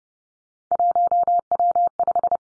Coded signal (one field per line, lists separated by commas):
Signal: Morse code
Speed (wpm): 30 wpm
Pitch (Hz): 700 Hz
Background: none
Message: 1W5